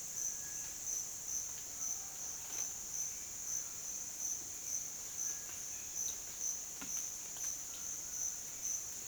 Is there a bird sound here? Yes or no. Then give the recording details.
no. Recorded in dense forest near Puerto Asís, Putumayo, Colombia, on 25 June 2025 at 08:00. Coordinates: 0.484, -76.325. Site H65